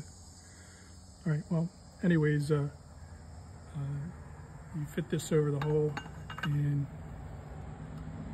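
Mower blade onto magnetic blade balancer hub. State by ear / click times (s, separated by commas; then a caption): not seated / none. A steel lawn mower blade with a pentalobe hole is being fitted over the ground-down clutch bell cone of a magnetic blade balancer with neodymium magnets. Someone talks while it is handled, over a steady high-pitched background hum. Nothing has seated or snapped onto the magnets yet.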